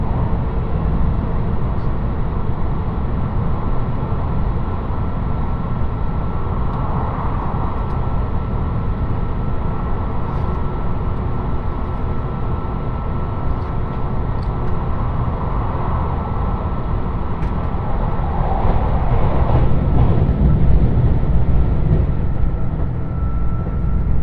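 Inside a diesel limited express train on the Yosan Line, the engine drones steadily with a dense low rumble throughout. A faint whine rises and falls in the middle, and the rumble swells slightly louder after about twenty seconds, with occasional small clicks.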